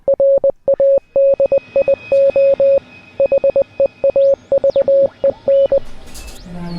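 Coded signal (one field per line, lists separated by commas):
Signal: Morse code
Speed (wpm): 20 wpm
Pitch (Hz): 550 Hz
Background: none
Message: RADIO HEAVEN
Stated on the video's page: Morse code within an experimental sound and storytelling work, a fictional boy transmitting by radio; not a real station.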